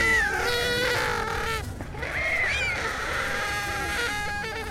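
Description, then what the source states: White stork chicks calling: wavering, mewing cries that rise and fall, several overlapping, a short lull near two seconds, then more calling. Chicks about one month and ten days old at the stork and otter reintroduction centre in Hunawihr, Alsace; microphone held close to the nest; young storks 'sing' while adults clatter; chicks sometimes clap their bills.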